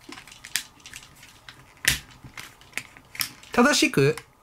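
The plastic arm assembly of a THE GATTAI Seven Changer transforming robot toy (Legend of the Brave Da-Garn) is handled and pushed toward the body so its interlocking tabs engage, producing sharp plastic ticks and scrapes while someone talks near the end. The arm locks only when pushed fully in, but it has not gone all the way home yet, so nothing has seated or clicked.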